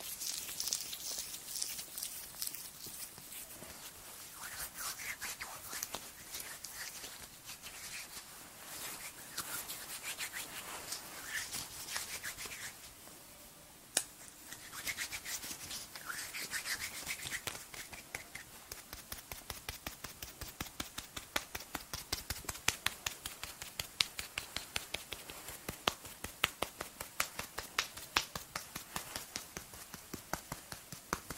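Soft, dense rubbing and crackling of body mousse on skin, with a brief pause near fourteen seconds, then quicker, regular pats and squishes.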